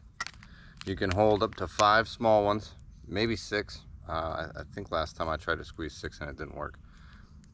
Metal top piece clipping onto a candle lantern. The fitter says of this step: ouais ça se clipse juste là comme ça tu peux en